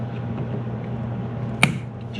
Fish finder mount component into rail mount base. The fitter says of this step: like that and that snaps in place and